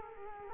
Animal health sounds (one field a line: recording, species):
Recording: mosquito wingbeat signal from an infrared sensor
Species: Culex quinquefasciatus